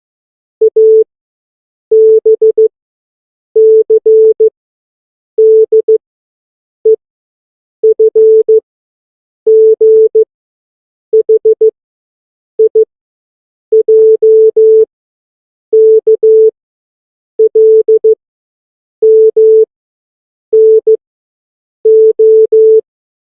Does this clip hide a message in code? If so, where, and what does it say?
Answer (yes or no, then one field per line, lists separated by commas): yes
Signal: Morse code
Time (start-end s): 0.6-22.8 s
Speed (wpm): 15 wpm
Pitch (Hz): 440 Hz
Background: none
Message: A B C D E F G H I J K L M N O